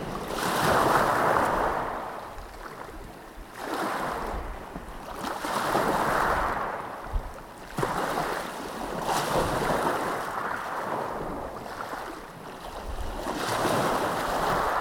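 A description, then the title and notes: Gentle waves wash over shingle in slow, regular swells, each surge rising and falling about every two to three seconds with a soft, hissing rattle of stones. A faint low rumble of wind sits underneath, and a few brief clicks punctuate the wash. Gentle waves on the shingle.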